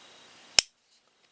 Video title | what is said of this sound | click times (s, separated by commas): First Look At Camillus CamLite Folding Pocket Knife | snaps right in | 0.6 s